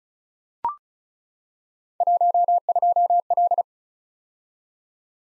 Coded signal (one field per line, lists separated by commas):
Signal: Morse code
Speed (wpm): 36 wpm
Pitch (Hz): 700 Hz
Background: none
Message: 12L